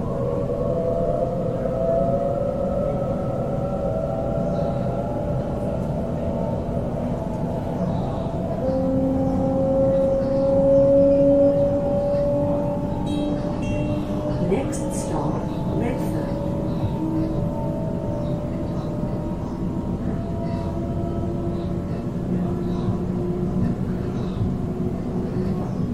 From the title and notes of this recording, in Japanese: シドニー市内へ向かう電車の音。今回も最新版をPCM録音ステレオでお送りします。